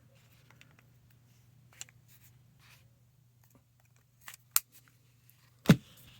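A metal emergency key blade is slid back into the plastic body of a Jeep or Dodge key fob, with light handling clicks and a steady low hum beforehand. The blade locks in with a loud, sharp click at 4.6 seconds, fully seated, followed by another loud knock near 5.7 seconds.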